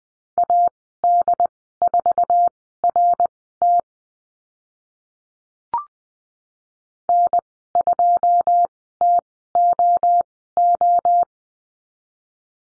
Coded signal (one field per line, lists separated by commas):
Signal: Morse code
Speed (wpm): 20 wpm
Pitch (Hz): 700 Hz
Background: none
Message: AD4RT N2TOO